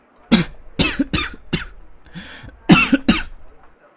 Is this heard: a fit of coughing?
yes